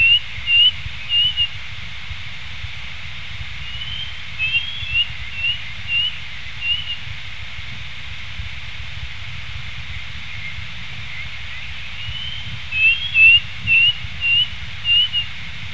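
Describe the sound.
Bird calling with short whistled notes in a few quick clusters separated by pauses, over a steady hiss and low rumble.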